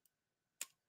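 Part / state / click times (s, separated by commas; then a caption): folding multitool implement locking open in its handle / seated / 0.6 s. A metal multitool with pliers and a wrench is opened, and its folding implement locks open in the handle with a single sharp click at 0.6 s, seating it in place. A faint high tick comes just before, near 0.1 s, and the rest is near silence.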